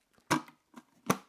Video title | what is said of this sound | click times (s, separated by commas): OXO Good Grips POP Small Cereal Dispenser - 2.3l | and sealing it back down giving it that airtight seal and it does give you that nice click closure with those silicone seals | 0.3 s, 1.1 s